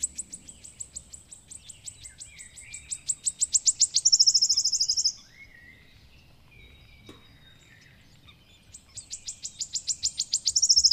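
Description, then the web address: Wood warbler song: high ticking notes speed up into a loud shivering trill, pause, then a second song begins accelerating; faint lower whistles sound in between. "agykontroll Madardalok Cd 1. Sisegő füzike"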